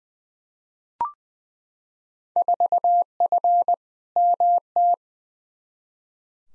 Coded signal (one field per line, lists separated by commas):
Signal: Morse code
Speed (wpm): 20 wpm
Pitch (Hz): 700 Hz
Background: none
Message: 4F MT